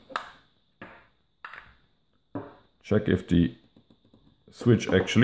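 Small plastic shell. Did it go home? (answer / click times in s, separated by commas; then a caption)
yes / 0.2 s. The upper half of a 3D-printed plastic game cartridge shell is placed on the bottom half and pressed gently until it snaps in, with a sharp click at 0.2 s that seats the halves together. A few more short taps follow, and someone talks toward the end.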